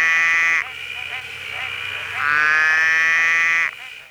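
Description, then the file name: Superb collared frog calling with sustained, nasal, droning bleats, one ending early and another lasting about one and a half seconds, fainter frog calls between. "Cyclorana brevipes"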